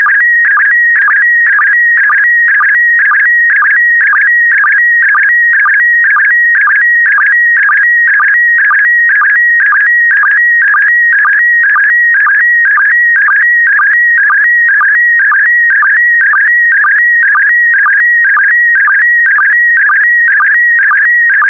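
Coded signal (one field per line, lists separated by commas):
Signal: SSTV (slow-scan television)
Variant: PD120 mode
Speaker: complete. You can now check your decoded image against the picture that is shown on the video.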